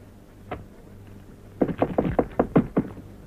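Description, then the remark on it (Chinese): Knocking on a door: one soft knock, a pause, then a quick, even run of about seven sharp raps, each louder than the first, over a low steady hum. “我跟你说过多少次了，进来以前先要敲门。”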